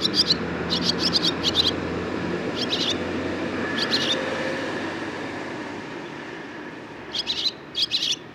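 Barn swallow producing short clusters of high chirps separated by pauses, over a steady low rumble of traffic-like noise.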